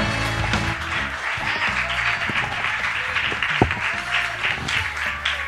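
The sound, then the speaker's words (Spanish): An audience at a live recording of La Casita Robada applauds steadily for the audience and for those who read, a dense wash of many hands clapping that stays at an even, fairly loud level throughout, with a low droning hum beneath it and no voices. “Entonces un aplauso primero para el público y también para quienes leyeron.”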